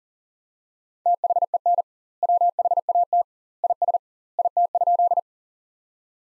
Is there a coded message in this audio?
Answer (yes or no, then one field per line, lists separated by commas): yes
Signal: Morse code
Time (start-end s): 1.1-5.2 s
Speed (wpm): 40 wpm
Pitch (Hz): 700 Hz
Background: none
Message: THEN WHAT IS IT?